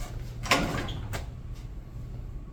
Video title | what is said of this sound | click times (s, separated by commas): Pelvis Lab: Part 5 | locked into place this is 30 degrees this is about what you want for your danelius | 0.5 s